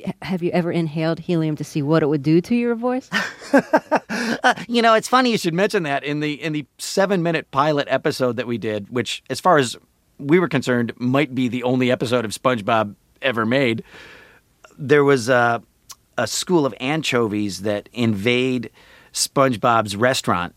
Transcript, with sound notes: Have you ever inhaled helium to see what it would do to your voice?
(Laughter) You know, it's funny you should mention that. In the seven-minute pilot episode that we did - which, as far as we were concerned, might be the only episode of "SpongeBob" ever made - there was a school of anchovies that invade SpongeBob's restaurant